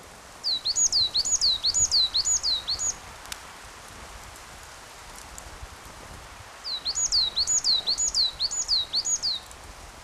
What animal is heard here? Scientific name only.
Periparus ater